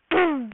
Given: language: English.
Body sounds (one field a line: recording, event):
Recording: throat vibration sensor signal played as sound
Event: throat clearing